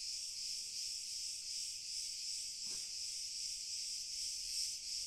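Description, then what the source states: Crickets in chorus, a dense, steady high shimmering trill that continues unbroken throughout. A chorus of crickets, heard from a distance.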